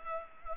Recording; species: mosquito wingbeat signal from an infrared sensor; Culex pipiens